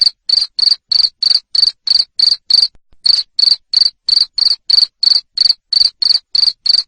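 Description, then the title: Cricket producing shrill chirps in an even rhythm, roughly three per second, halting once briefly midway before resuming. Loud cricket chirping (ngerik) to stimulate lovebirds into continuous singing (ngekek). "Suara JANGKRIK NGERIK Keras Bikin LOVEBIRD Jadi NGEKEK Terus Vubey"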